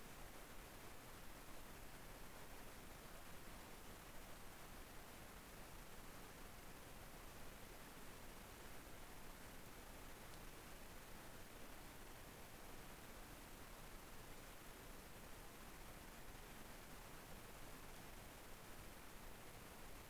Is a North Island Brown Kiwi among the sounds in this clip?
no